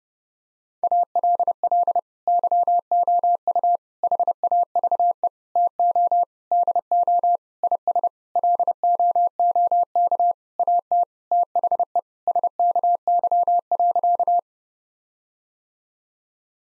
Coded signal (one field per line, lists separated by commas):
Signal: Morse code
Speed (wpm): 30 wpm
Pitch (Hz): 700 Hz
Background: none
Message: ALL YOU HAVE TO DO IS LOOK AT THE SKY.